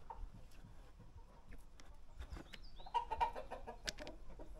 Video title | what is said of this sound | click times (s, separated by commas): MRF 80 runner Przygotowania do małego serwisu | Wam tak kliknąć O słyszę się kliknęło to znaczy że weszło | 3.9 s